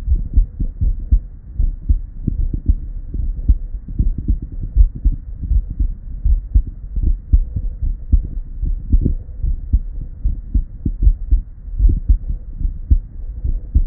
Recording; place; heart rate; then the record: heart sounds by stethoscope; Erb's point; 74 bpm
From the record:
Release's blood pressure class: normal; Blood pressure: 111/62 mmHg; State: at rest